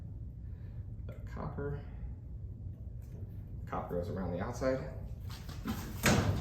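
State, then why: Seated. A push-to-connect water fitting is pushed up onto the end of a copper water pipe in a basement, with the inner piece going inside the pipe and the body going around the outside. Someone talks through most of the clip. A sharp click at 6.1 s marks the fitting locking into place on the pipe.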